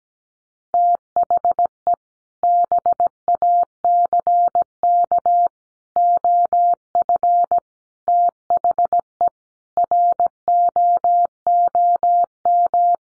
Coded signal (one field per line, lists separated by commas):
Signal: Morse code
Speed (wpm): 17 wpm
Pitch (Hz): 700 Hz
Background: none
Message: THE BACK OF THE ROOM